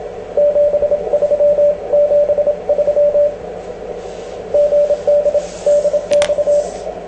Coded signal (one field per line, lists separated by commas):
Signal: Morse code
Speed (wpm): 26 wpm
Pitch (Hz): 590 Hz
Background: radio noise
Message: 73 73 GD DX